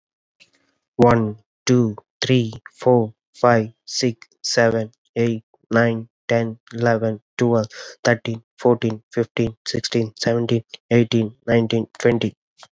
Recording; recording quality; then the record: counting at a fast pace; excellent, no background noise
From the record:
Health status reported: healthy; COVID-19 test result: negative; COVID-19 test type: RT-PCR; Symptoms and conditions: cold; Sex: male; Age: 28 years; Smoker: no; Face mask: not worn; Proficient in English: yes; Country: India